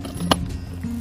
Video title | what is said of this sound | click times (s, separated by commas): Kitchen Yantra - 13th January 2017 - Full Episode - ETV Abhiruchi | okay, so ఇప్పుడు lock అయిపోయింది. | 0.3 s